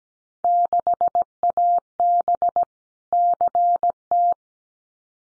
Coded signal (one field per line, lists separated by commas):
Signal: Morse code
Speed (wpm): 17 wpm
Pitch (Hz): 700 Hz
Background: none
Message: 6AB CT